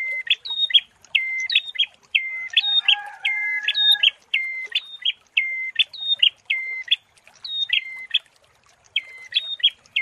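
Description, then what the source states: Prinia song of repeated stepped, whistled notes, each jumping up then dropping, delivered in a steady, halting series with short gaps. Prinia song used as masteran training and therapy for birds.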